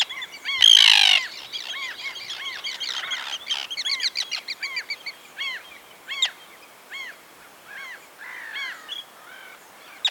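Common tern calls: harsh, arched notes repeated rapidly, overlapping at times, with a brief loud rasping burst near the start.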